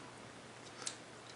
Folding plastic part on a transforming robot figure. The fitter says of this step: vous avez voilà cette partie là on va la relever et on replie tout simplement vous avez un petit clips dès que c'est à 90 degrés